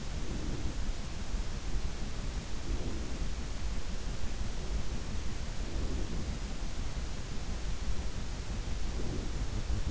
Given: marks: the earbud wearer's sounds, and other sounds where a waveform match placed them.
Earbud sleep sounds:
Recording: sounds in sleep by an in-ear microphone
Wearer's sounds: breath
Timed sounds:
0.00-1.22 s: breath
2.33-3.52 s: breath
5.26-6.45 s: breath
8.52-9.74 s: breath

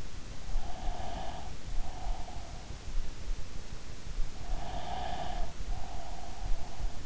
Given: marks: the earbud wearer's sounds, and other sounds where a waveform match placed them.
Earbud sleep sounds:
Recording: sounds in sleep by an in-ear microphone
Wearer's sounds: breath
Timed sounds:
0.53-2.79 s: breath
4.28-7.06 s: breath

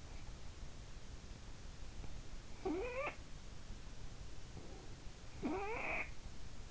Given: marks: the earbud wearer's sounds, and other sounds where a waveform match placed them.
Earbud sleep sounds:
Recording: sounds in sleep by an in-ear microphone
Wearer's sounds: snoring breath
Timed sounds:
2.22-3.48 s: snoring breath
4.99-6.42 s: snoring breath

